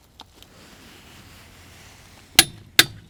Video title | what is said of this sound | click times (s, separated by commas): How To Use A Torque Wrench (Beginner’s Guide) | And when we get to 108 Newton meters, we're going to hear a loud click. | 2.4 s, 2.8 s